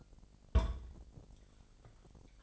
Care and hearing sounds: daily activity, microphone in the room; place on stove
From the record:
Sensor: 5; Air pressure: 999.5 hPa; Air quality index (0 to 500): 220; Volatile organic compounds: 20 ppm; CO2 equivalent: 2691 ppm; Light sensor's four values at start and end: 30/68/28/28 and 30/68/28/28

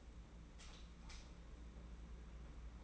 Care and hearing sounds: daily activity, microphone in the room; light on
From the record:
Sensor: 1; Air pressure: 991.9 hPa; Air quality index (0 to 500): 209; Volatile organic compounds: 1000 ppm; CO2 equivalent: 8122 ppm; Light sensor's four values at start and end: 10/22/9/10 and 10/22/9/10

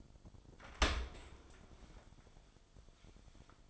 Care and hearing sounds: daily activity, microphone in the room; open dishwasher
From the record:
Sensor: 5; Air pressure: 1003.2 hPa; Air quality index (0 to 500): 129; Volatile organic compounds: 1 ppm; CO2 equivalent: 942 ppm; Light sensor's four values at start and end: 90/217/92/104 and 87/210/89/101

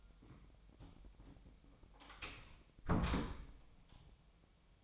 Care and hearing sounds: daily activity, microphone in the room; close door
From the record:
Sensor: 1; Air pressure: 1007.1 hPa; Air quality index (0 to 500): 201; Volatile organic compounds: 21 ppm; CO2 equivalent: 2711 ppm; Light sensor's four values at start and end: 13/34/13/15 and 13/32/13/15

